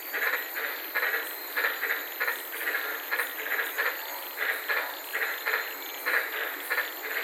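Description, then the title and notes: White-lipped tree frogs repeat abrupt, raspy croaks about every half second to second, over a steady high background hiss. Several frogs recorded at night from inside a car in the Daintree rainforest, Queensland. "White Lipped Frog Podcast. I was sitting in my car in the Daintree rainforest in Queensland this night and fell asleep listening to these amazing White lipped frogs"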